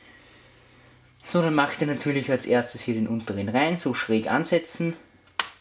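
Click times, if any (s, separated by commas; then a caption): 5.4 s. Someone talks while the first module of a 16GB Corsair Vengeance 1600MHz SO-DIMM memory kit is set at an angle into the lower laptop memory slot and pressed down. A sharp click at 5.4 s marks the side latches catching, and the module is seated and holds.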